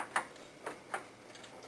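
A graphics card is being reinstalled into a motherboard's PCIe slot while fixing a PC that won't start after a static charge and CMOS battery reset. Three short, light ticks are heard, the sharpest at about 0.2 s, with softer ones near 0.7 s and 0.9 s. The card has not seated or clicked into the slot yet.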